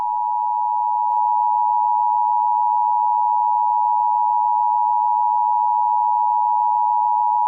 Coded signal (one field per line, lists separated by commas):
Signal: Emergency Alert System (SAME) tones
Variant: 853 and 960 Hz attention tone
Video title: EAS scenario 19: Herobrine 4: Mrs. Herobrine’s revenge